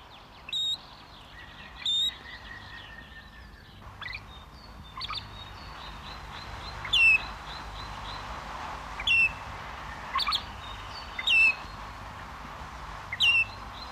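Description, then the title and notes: Great Grey Shrike calls: several sharp whistled notes at irregular intervals. "Viikon luontoääni: Isolepinkäinen. Tuomas Seimola"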